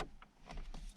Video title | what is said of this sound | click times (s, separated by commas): Installing a Pioneer DMH-WT8600NEX in a 2016 Tacoma | you should hear this click | 0.0 s